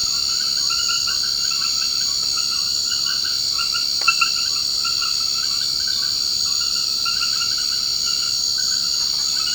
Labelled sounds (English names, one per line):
none